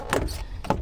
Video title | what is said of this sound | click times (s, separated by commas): How to install a trailer wiring harness on a 2005 - 2010 Honda Odyssey | This is snapped back in. | 0.1 s, 0.7 s